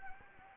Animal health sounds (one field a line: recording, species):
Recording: mosquito wingbeat signal from an infrared sensor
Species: Anopheles gambiae